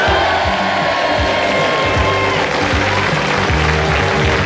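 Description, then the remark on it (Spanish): Sustained, loud spontaneous applause from a crowd, a dense wash of clapping that stays steady throughout, with a faint tonal hum underneath early on and no one speaking. “Bueno, me han conmovido tanto estos aplausos espontáneos que surgían de todos los rincones de España, que me voy a dedicar a poner buena música en esta hora.”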